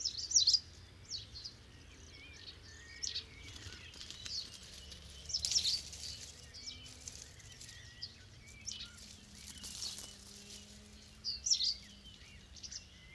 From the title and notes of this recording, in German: Stare in der Lehmgrube Marloffstein (am Abend; Kopfhörerfassung). Eine Kunstkopfaufnahme con vielleicht 1000 Staren.